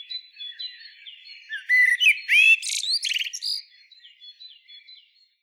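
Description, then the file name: Common blackbird: faint high tones, then a short loud phrase of low fluty notes and harsh buzzy twitters near the middle, fading back into soft high notes. "Turdus merula"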